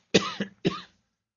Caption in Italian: Scusatemi per la voce, ma non ho assolutamente possibilità di liberarmene, quindi purtroppo nelle mie trasmissioni mi sentirete tossire.